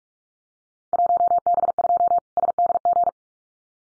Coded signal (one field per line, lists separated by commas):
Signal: Morse code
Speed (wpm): 44 wpm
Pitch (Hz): 700 Hz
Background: none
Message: 1B2 SDG